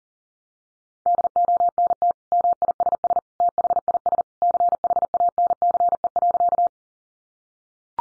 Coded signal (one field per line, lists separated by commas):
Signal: Morse code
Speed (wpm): 37 wpm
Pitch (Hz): 700 Hz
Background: none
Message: DONT MISS THIS CHANCE.